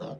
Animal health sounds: pig call; piglet (1 to 25 days)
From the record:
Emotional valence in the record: negative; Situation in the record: short isolation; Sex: female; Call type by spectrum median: low-frequency call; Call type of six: low-frequency stable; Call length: 0.20 s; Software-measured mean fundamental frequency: 64 Hz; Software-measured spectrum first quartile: 219 Hz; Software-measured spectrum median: 460 Hz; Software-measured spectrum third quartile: 692 Hz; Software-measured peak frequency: 167 Hz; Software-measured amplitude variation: 131 dB a second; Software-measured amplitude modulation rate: 19.5 a second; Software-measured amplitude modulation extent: 6.7 dB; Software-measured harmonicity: 1.5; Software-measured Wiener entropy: -0.15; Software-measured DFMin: 1399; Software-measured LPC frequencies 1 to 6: 557, 1232, 2878, 3619, 4841, 5490 Hz

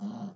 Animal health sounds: pig call; piglet (1 to 25 days)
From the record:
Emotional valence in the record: negative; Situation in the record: short isolation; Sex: male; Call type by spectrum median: low-frequency call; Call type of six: low-frequency modulated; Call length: 0.36 s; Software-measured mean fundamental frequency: 52 Hz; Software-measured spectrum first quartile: 201 Hz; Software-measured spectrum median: 246 Hz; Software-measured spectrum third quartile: 570 Hz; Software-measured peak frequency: 210 Hz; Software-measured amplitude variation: 150 dB a second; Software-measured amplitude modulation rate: 18.2 a second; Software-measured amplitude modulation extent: 8.2 dB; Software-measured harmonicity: 8.2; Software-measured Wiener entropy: -0.76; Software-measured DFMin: 1301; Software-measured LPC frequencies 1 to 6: 3087, 4061, 6093, 7096, 8315, 9257 Hz

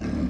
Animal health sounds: pig call; growing-finishing pig (85 days or more)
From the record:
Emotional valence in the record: negative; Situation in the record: barren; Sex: female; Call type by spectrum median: low-frequency call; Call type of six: low-frequency stable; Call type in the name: low-frequency stable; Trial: 3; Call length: 0.30 s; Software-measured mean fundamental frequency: 38 Hz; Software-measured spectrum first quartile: 146 Hz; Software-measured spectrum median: 237 Hz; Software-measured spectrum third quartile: 386 Hz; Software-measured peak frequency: 248 Hz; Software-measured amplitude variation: 123 dB a second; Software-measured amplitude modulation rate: 29.7 a second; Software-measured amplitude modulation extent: 4.1 dB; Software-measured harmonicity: 0.2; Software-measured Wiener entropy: -0.57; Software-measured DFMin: 629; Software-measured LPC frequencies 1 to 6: 242, 1444, 2491, 4161, 5123, 6247 Hz

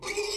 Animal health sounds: pig call; weaner (32 to 43 days)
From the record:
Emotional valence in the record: negative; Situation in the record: short isolation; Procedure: open field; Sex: female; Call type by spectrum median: low-frequency call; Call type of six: high-frequency stable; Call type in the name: high-frequency stable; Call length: 0.37 s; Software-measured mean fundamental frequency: 435 Hz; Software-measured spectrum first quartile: 474 Hz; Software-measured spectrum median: 2056 Hz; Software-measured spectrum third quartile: 4376 Hz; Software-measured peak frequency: 410 Hz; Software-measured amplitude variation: 162 dB a second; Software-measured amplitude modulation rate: 16.4 a second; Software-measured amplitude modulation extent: 9.9 dB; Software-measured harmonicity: 4.1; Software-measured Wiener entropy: -2.35

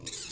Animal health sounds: pig call; weaner (32 to 43 days)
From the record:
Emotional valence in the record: negative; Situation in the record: long isolation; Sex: female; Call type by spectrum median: high-frequency call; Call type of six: high-frequency stable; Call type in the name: high-frequency stable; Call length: 0.32 s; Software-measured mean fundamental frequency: 172 Hz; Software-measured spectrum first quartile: 3085 Hz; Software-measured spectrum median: 5660 Hz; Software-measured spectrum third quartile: 7517 Hz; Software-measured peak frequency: 6893 Hz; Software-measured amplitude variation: 190 dB a second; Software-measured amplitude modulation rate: 22.2 a second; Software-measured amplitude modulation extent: 8.6 dB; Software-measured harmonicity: 1.7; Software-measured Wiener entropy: -1.77

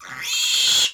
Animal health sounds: pig call; piglet (1 to 25 days)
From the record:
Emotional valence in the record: negative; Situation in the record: castration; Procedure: castration, fixation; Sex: male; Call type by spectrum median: high-frequency call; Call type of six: high-frequency modulated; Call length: 0.94 s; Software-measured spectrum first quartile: 3263 Hz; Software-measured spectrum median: 4140 Hz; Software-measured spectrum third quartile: 6048 Hz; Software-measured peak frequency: 3325 Hz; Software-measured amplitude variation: 96 dB a second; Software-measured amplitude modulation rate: 25.0 a second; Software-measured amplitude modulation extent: 3.8 dB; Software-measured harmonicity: 3.0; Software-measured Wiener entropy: -2.33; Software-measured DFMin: 762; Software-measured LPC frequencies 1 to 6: 1775, 2740, 3322, 4306, 5447, 6796 Hz

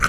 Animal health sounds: pig call; piglet (1 to 25 days)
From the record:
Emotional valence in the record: positive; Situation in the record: reunion after long isolation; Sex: male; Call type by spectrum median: low-frequency call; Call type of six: low-frequency tonal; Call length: 0.10 s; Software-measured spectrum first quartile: 375 Hz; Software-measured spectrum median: 1287 Hz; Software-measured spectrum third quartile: 1796 Hz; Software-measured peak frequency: 1384 Hz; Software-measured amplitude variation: 139 dB a second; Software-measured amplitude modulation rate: 5.2 a second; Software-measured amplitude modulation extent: 26.8 dB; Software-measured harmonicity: 4.8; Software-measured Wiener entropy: -1.71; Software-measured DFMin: 859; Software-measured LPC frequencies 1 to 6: 1371, 2233, 2995, 4152, 5215, 6002 Hz

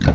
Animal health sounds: pig call; growing-finishing pig (85 days or more)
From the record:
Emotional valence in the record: positive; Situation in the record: run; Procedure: transit

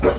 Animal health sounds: pig call; growing-finishing pig (85 days or more)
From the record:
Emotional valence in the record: positive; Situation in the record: run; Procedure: transit

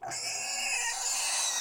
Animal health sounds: pig call; weaner (32 to 43 days)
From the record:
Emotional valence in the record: negative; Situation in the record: restrain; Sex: male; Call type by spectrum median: high-frequency call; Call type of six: high-frequency stable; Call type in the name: high-frequency stable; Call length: 1.60 s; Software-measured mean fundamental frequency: 315 Hz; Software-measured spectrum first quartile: 2762 Hz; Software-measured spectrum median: 5227 Hz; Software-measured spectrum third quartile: 7176 Hz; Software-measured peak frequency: 2578 Hz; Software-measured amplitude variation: 69 dB a second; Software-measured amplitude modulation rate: 22.5 a second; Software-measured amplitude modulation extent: 3.1 dB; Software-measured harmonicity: 1.4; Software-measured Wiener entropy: -2.05

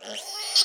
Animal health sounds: pig call; piglet (1 to 25 days)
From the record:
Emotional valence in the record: negative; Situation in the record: restrain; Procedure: in the arms of a person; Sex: male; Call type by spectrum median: high-frequency call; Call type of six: mixed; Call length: 0.65 s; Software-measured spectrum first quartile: 4036 Hz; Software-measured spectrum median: 4846 Hz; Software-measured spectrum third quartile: 5701 Hz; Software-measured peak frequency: 4395 Hz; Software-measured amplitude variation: 112 dB a second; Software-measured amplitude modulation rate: 19.2 a second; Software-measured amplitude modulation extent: 5.8 dB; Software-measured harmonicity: 5.5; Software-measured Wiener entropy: -1.94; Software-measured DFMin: 850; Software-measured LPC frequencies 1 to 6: 721, 1537, 3157, 4415, 5026, 5487 Hz

